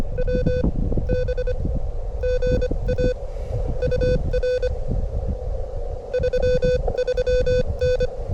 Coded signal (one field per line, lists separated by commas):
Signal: Morse code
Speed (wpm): 25 wpm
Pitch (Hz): 500 Hz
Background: none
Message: WB GA UR 33N